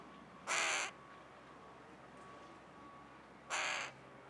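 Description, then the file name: Carrion crow calling two loud, hoarse caws about three seconds apart. "Corvus corone"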